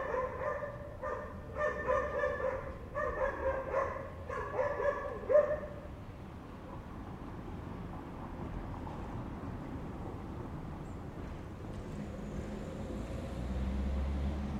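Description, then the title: Dog barking: fast runs of harsh barks for the first few seconds, then low background rumble and noise. More than one dog. "perros"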